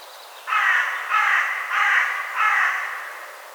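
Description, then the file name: Carrion crow calling with four rough, grating caws evenly spaced, the final caw trailing off. "Corvus corone"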